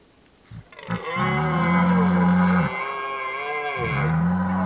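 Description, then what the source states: Red deer bellowing: deep, resonant, drawn-out roars, the first long and steady, a second starting just before the end, over a quiet background. Old stag bellowing during the rut (burlen).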